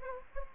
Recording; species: mosquito wingbeat signal from an infrared sensor; Anopheles gambiae